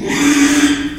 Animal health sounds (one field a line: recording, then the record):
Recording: squeal of a Yucatan mini pig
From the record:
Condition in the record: after surgery on the right vocal fold (resection and tissue-engineered implant)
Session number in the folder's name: 3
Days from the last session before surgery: 33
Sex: male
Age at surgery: 12 weeks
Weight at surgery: 13 kg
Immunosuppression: cyclosporine, prednisolone